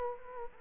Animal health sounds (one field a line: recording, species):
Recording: mosquito wingbeat signal from an infrared sensor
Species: Culex quinquefasciatus